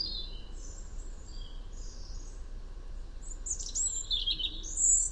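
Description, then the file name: European robin song: faint high thin notes at first, then louder rapid twittering and trilled phrases toward the end, over continuous low background noise. "Erithacus rubecula"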